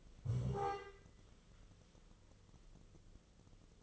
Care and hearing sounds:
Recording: daily activity, microphone in the room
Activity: stand up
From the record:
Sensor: 4

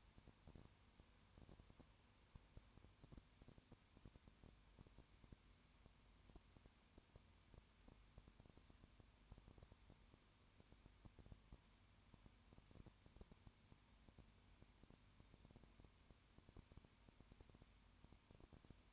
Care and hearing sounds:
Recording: daily activity, microphone in the room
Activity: no activity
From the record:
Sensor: 2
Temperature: 20.8 degrees Celsius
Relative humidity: 38.3%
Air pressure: 1010.4 hPa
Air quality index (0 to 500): 200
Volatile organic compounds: 19 ppm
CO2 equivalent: 2652 ppm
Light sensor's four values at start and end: 2/3/2/2 and 2/3/2/2

